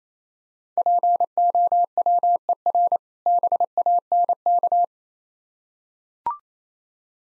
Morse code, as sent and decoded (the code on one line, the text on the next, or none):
.--. --- .-- . .-. / -... .- -. -.-
POWER BANK